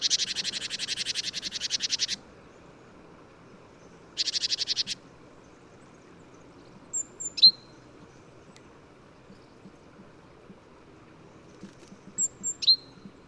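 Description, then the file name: Great tit calls: a dry, buzzy churring rattle for about two seconds, then a shorter rattle, followed later by a few thin, sharp high notes. "Parus major"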